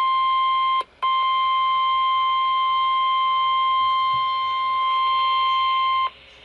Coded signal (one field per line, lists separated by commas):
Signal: Emergency Alert System (SAME) tones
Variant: 1050 Hz attention tone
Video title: My Radios Went Off When I Was Cleaning (EAS Alerts: #257 - 267) - 8/25/21 - 9/7/21